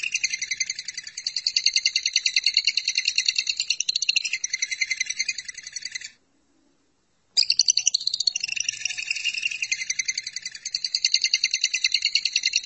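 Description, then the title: Lovebird song, a long rapid harsh chatter of high notes for six seconds, a brief silence, then the chattering resumes for five more seconds. "BM Suara Burung Lovebird"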